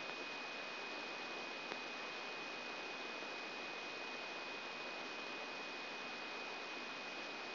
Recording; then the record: brain microelectrode recording played as sound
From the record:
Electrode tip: inside the subthalamic nucleus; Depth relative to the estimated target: -2 mm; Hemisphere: right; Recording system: AlphaMap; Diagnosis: Parkinson's disease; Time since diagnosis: 7 years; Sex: female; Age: 56 years